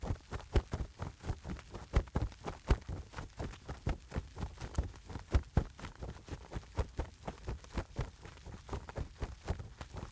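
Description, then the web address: Bird wing flapping: soft, dull thumping beats, about one to two per second, uneven in rhythm and strength, over a steady low hiss throughout. Calm wing flapping. "en soundpool sounds natur-tiere voegel"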